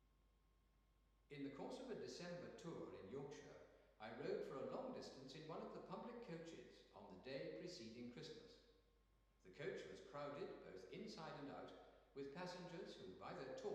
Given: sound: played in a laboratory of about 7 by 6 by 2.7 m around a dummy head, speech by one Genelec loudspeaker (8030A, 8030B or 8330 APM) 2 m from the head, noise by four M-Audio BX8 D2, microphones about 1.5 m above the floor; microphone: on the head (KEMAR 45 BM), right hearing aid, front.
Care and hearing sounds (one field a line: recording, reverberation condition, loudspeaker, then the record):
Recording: male speech in English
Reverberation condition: high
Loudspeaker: 120 degrees to the right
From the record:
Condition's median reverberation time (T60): about 1300 ms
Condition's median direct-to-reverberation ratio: about -4.0 dB